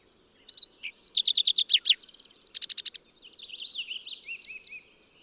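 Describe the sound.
Fox sparrow singing a rich, varied phrase of sliding whistles, a harsh buzz and a rapid trill, ending in softer, lower warbled notes.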